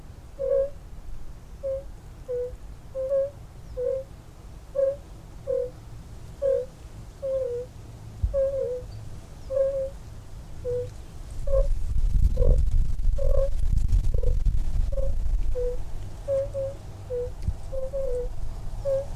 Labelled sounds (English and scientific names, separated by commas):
Fire-Bellied Toad (Bombina bombina) call